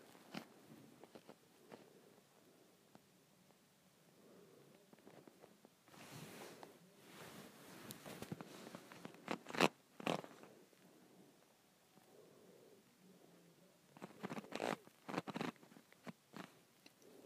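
A handle is twisted and turned in bursts of scraping, rattling movement, with quiet stretches of light clicks between them. The busiest handling comes from about six to eleven seconds and again around fourteen to sixteen seconds, with a few sharp knocks standing out.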